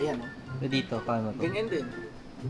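The bed cover latch on a Next-Gen Ranger Raptor pickup is handled at the truck bed lock while someone talks over it. Nothing has seated or clicked yet, so the cover is not locked by the end.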